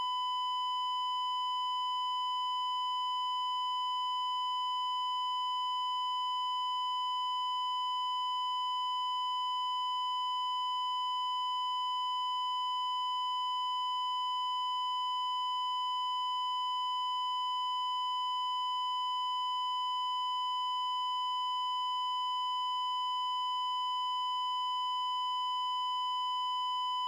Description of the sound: Medical Heart Monitor Flatline.